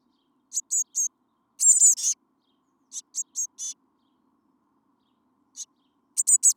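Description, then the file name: Eurasian blue tit calling in short groups of high, thin notes, with a longer silent stretch midway. "Cyanistes caeruleus"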